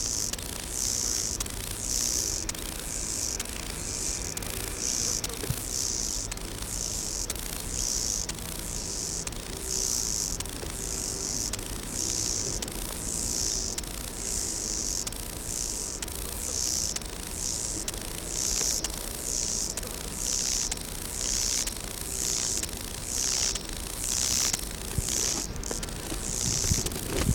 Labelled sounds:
Lesser Marsh Grasshopper (Chorthippus albomarginatus) stridulation

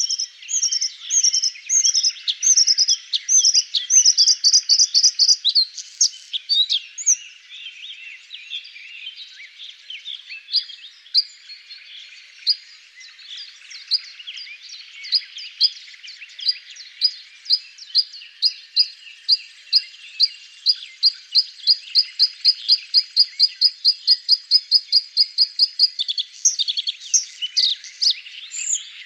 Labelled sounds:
Bluethroat (Luscinia svecica) song

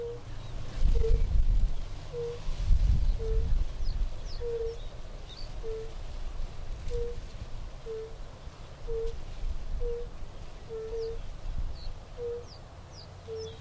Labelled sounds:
Fire-Bellied Toad (Bombina bombina) call

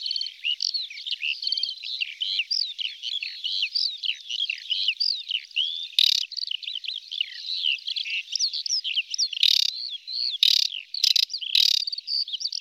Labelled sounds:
Aquatic Warbler (Acrocephalus paludicola) song

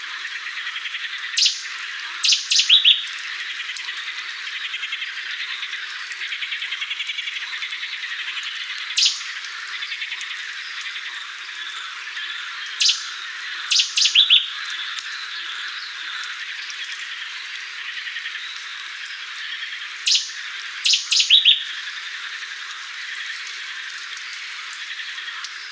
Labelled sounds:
Cetti's Warbler (Cettia cetti) song

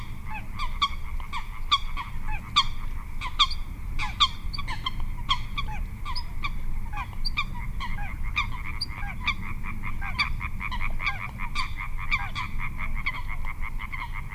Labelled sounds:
Little Crake (Porzana parva)

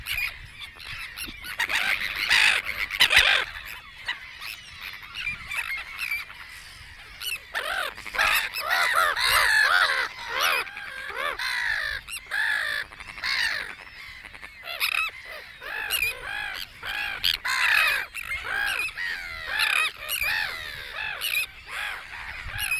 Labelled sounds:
Sandwich Tern (Thalasseus sandvicensis) call

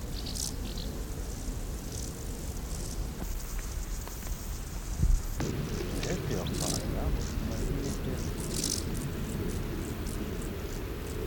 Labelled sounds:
Field Grasshopper (Chorthippus brunneus) stridulation

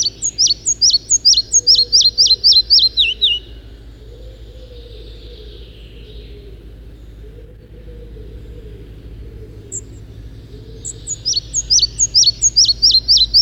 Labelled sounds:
Red-breasted Flycatcher (Ficedula parva) song

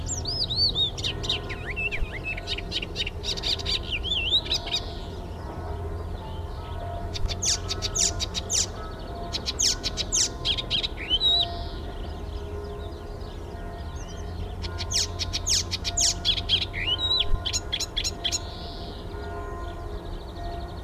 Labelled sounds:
Icterine Warbler (Hippolais icterina) song

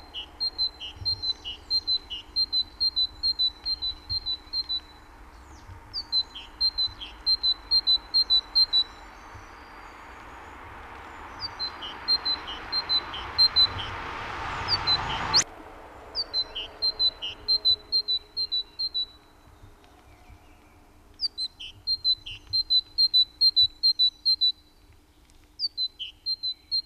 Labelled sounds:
Great Tit (Parus major) song

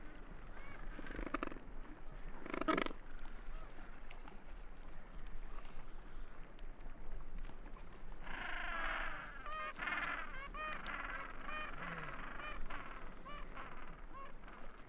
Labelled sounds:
Gentoo Penguin (Pygoscelis papua) call

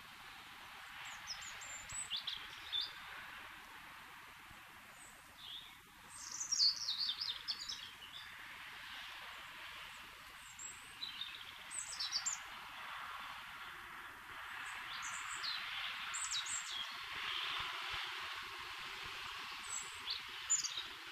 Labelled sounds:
European Robin (Erithacus rubecula) song

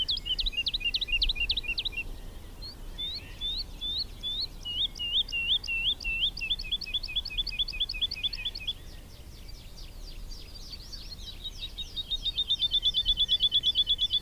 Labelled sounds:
Wood Lark (Lullula arborea) flight song

